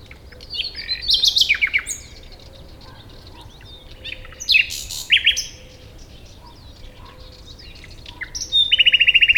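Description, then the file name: Common nightingale song in separate bursts of varied chirps and buzzy notes, closing with a fast, rattling series of repeated notes. "Luscinia megarhynchos"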